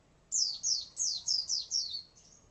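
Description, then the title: White-eye song: a single quick series of six high, descending slurred notes, ending in a softer trailing note. "Pleci"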